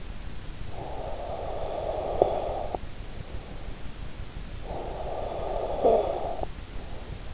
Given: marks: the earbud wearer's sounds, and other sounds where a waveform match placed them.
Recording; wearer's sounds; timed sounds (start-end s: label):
sounds in sleep by an in-ear microphone; breath, snoring breath
0.61-3.74 s: breath
4.38-7.34 s: snoring breath